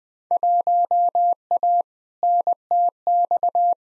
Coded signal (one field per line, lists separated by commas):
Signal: Morse code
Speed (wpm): 20 wpm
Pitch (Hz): 700 Hz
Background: none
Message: 1A NTX